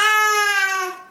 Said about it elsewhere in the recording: Ow is the word that means your baby's tired. The yawning reflex baby gets when they're tired opens the mouth wide, flattening the tongue and pushing it back. That ends up giving a more open, yawning sound to the cry. You should try and get that baby to have a nap. Featuring sounds from the Dunstan Baby Language.